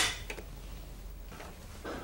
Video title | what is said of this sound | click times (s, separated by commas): Battery Powered Full Bodied Lifts: Full Video | it away from you until you hear it click into place place | 0.3 s